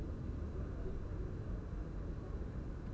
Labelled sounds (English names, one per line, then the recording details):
none
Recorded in Germany
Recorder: ecoPi